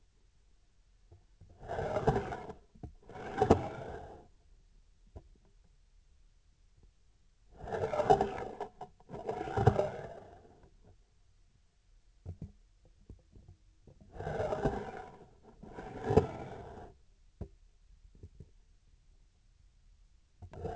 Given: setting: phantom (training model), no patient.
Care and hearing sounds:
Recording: laparoscopic instrument, vibration sensor on the handle end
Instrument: scissors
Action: approaching and retracting movements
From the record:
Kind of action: spatial motion

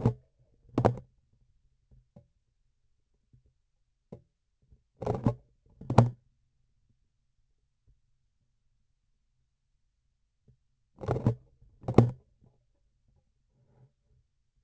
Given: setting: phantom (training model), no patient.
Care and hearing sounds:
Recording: laparoscopic instrument, vibration sensor on the handle end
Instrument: grasping forceps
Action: opening and closing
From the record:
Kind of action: tool actuation without material contact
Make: other than Olympus

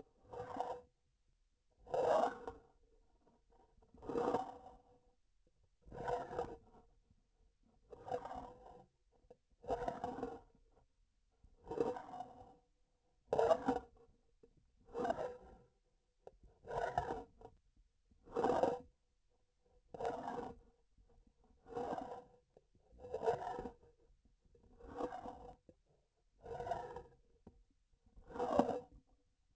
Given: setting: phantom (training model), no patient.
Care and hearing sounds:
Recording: laparoscopic instrument, vibration sensor on the handle end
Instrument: grasping forceps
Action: approaching and retracting movements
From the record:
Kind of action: spatial motion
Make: Olympus

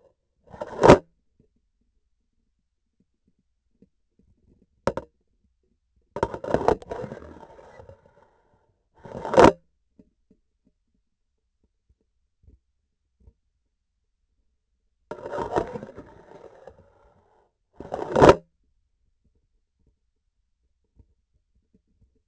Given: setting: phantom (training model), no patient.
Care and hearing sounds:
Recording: laparoscopic instrument, vibration sensor on the handle end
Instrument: grasping forceps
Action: insertion and removal through the trocar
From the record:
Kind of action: spatial motion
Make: other than Olympus

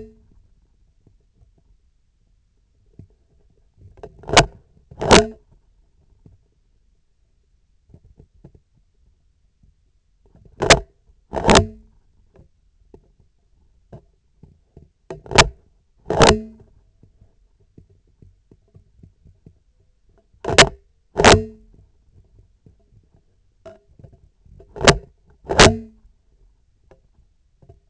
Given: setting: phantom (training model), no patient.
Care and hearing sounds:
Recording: laparoscopic instrument, vibration sensor on the handle end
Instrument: scissors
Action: opening and closing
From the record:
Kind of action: tool actuation without material contact

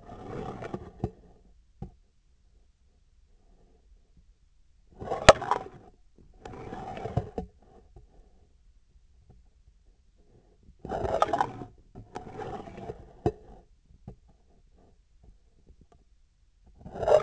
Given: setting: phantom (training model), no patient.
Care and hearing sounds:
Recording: laparoscopic instrument, vibration sensor on the handle end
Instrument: scissors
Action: approaching and retracting movements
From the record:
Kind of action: spatial motion

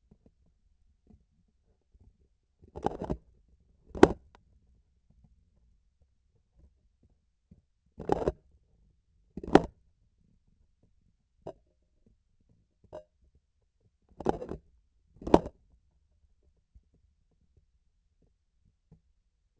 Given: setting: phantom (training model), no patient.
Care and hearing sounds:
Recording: laparoscopic instrument, vibration sensor on the handle end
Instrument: grasping forceps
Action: opening and closing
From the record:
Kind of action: tool actuation without material contact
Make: other than Olympus

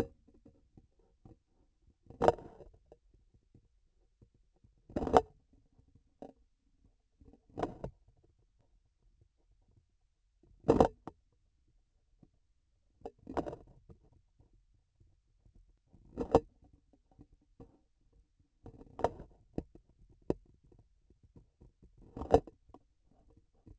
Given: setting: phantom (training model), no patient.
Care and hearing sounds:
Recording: laparoscopic instrument, vibration sensor on the handle end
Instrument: grasping forceps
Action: opening and closing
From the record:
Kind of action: tool actuation without material contact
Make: Olympus

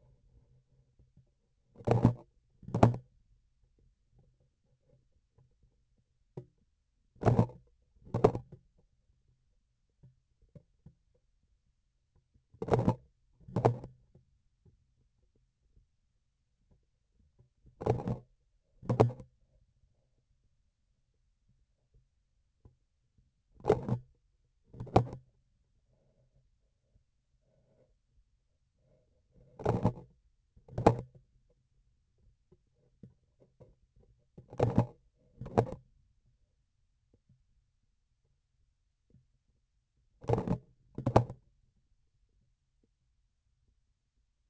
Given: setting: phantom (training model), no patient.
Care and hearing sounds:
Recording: laparoscopic instrument, vibration sensor on the handle end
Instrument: grasping forceps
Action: opening and closing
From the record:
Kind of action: tool actuation without material contact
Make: other than Olympus

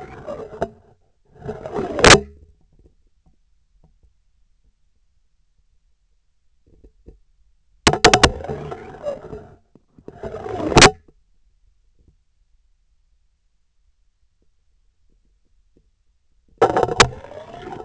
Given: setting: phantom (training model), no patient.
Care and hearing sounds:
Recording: laparoscopic instrument, vibration sensor on the handle end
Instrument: scissors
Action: insertion and removal through the trocar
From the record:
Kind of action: spatial motion

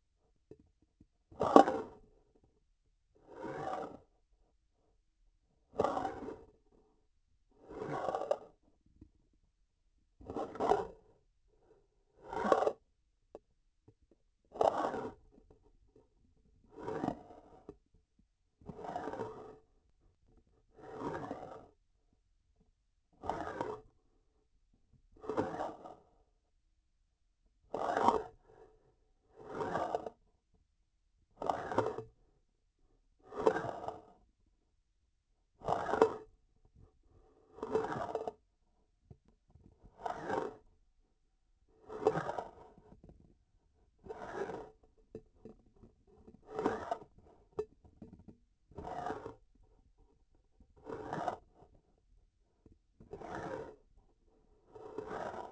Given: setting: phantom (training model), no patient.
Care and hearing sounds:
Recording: laparoscopic instrument, vibration sensor on the handle end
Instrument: grasping forceps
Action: approaching and retracting movements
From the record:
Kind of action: spatial motion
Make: Olympus

